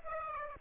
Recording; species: mosquito wingbeat signal from an infrared sensor; Aedes aegypti